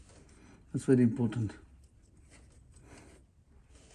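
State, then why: Not seated. An oxygen sensor's wiring connector is handled next to its mating harness connector on the engine of a 2016 Land Cruiser Prado with a 1GD-FTV engine. Someone talks briefly between about 0.7 and 1.5 seconds, with faint handling noise before and after. Nothing has seated or clicked yet.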